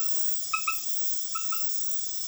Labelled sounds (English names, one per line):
none